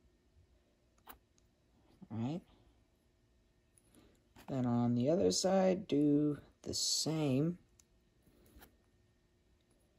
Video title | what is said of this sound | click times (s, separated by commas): WLTOYS 144001 1/14 buggy aluminum suspension and steering kit install! Part 1 | nice satisfying click and then | 7.8 s